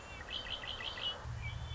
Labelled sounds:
Red-winged Blackbird (Agelaius phoeniceus)
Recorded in Sonoma County, California

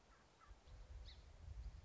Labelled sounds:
Song Sparrow (Melospiza melodia)
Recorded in Sonoma County, California

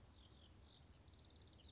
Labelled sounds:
House Wren (Troglodytes aedon)
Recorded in Sonoma County, California

